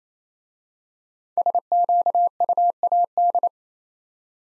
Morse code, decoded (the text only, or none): SQUAD